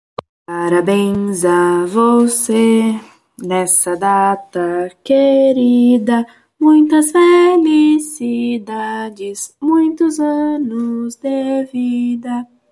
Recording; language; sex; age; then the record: short text; Brazilian Portuguese; female; 20 to 29 years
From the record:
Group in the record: control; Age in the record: 25 years